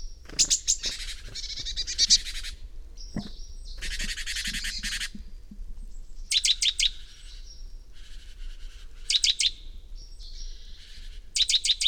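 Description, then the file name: Great tit scolding calls: loud rasping churrs and rapid ticking runs of three to four sharp notes, repeated every couple of seconds, with brief thin high whistles between them. "Parus major"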